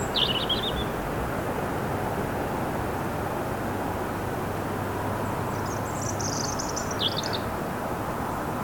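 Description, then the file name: European robin giving brief high, tinkling song phrases at the start and near the end, with constant low rumble throughout. "Erithacus rubecula"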